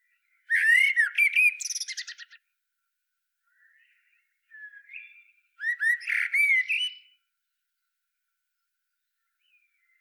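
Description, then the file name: Eurasian blackbird song: a loud, mellow whistled phrase with a squeaky, buzzy tail, a quieter short motif, then another phrase of flutey notes and twitter. "Turdus merula"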